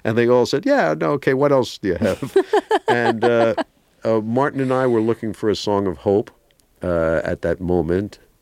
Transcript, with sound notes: and they all said, yeah, no, OK, what else do you have?
(Laughter).
And Martin and I were looking for a song of hope at that moment,